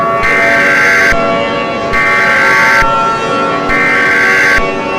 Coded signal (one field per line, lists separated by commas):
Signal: Emergency Alert System (SAME) tones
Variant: header bursts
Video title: An part 2 for May 2025 eas scenario